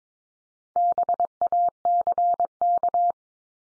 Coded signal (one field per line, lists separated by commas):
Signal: Morse code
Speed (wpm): 22 wpm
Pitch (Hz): 700 Hz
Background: none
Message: BACK